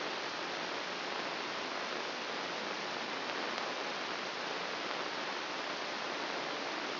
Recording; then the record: brain microelectrode recording played as sound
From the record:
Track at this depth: inside the subthalamic nucleus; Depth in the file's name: 6.705 mm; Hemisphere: left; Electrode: 2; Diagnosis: Parkinson's disease